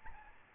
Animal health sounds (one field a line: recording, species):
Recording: mosquito wingbeat signal from an infrared sensor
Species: Aedes albopictus